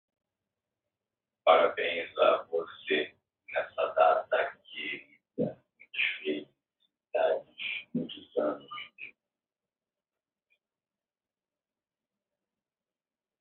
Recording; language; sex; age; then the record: short text; Brazilian Portuguese; male; 40 to 49 years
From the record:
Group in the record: control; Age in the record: 43 years